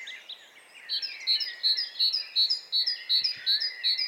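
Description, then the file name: Great tit giving a steady, rapid series of high, ringing two-note phrases, about three per second, over soft twittering from other birds. "Parus major"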